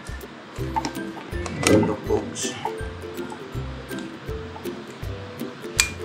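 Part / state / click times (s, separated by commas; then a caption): interchangeable lens into camera body bayonet mount / seated / 5.8 s. An interchangeable lens is aligned dot to mark with the camera body's bayonet mount and twisted until it locks, with a sharp click at 5.8 s confirming it has seated. Someone talks while music plays underneath, and a few lighter clinks come earlier.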